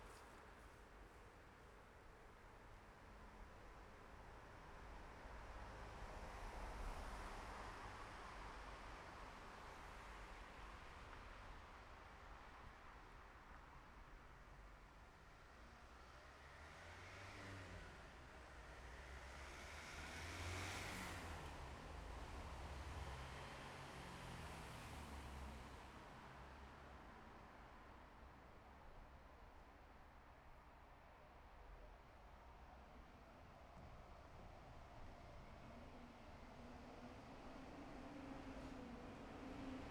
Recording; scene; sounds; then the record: everyday scene through a hearing-aid microphone; in traffic; traffic, mumbling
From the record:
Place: bus stop on a city main road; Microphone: behind the ear, left, front